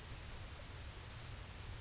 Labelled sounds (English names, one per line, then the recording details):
California Towhee
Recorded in Sonoma County, California